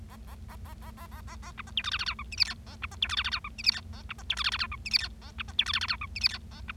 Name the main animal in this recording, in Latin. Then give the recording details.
Lonchura striata domestica. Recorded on 25 March 2012 at 12:03. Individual gy6or6